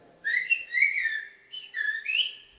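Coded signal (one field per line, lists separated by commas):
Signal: whistled language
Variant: Silbo Canario, Greek phrase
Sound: two short whistled phrases gliding between about 1.7 and 3 kHz, speech-like contours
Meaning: A whistled Greek greeting, 'good day, how are you'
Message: calimera tican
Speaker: y suena calimera tican verdad Raúl puede silvar calimera tican verdad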